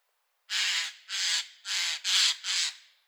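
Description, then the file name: Eurasian jay calling in a fast series of five harsh, noisy rasps, each about a third of a second, close together. "Garrulus glandarius"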